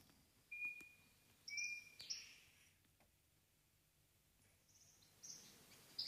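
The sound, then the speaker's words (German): Birds chirp in short, high-pitched bursts, with a few thin whistled notes and quick tweets separated by quiet gaps over a soft background hiss. “Ich hoffe, das ist zu hören, ein paar Vögel.”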